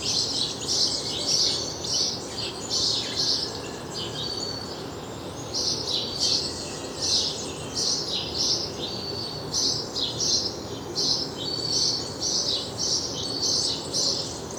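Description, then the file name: House sparrow giving a long run of sharp chirps, brief pause midway, then resuming rapid repeated chirping against a steady noisy background. "Passer domesticus"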